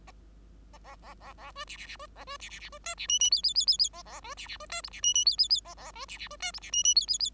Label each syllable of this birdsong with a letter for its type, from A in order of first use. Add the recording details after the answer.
A A A A A B C C C B A B C C C B D C E E F F F F F A A B C C B D G C E E F F F A A B C C B D G C E E F F F. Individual Bird5